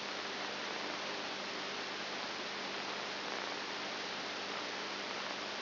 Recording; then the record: brain microelectrode recording played as sound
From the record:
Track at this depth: outside the subthalamic nucleus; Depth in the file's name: 6.7 mm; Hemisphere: right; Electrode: 2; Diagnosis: Parkinson's disease